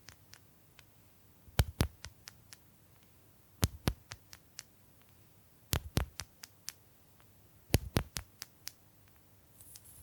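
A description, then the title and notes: Bamboo tapping comes in four quick bursts of sharp clicks about every two seconds, over a quiet low hum, with a brief hiss closing. Bamboo Tapping, Scratching and Brushing Sounds.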